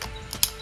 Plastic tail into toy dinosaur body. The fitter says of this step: and finally the tail and it clicks right into the back